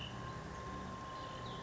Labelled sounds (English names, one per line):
Cassin's Vireo